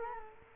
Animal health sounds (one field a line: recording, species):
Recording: mosquito wingbeat signal from an infrared sensor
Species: Culex quinquefasciatus